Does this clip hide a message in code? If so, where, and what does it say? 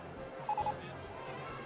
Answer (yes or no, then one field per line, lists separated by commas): no